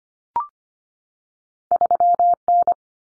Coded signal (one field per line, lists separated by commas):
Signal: Morse code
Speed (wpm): 25 wpm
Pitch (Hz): 700 Hz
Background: none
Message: 3 N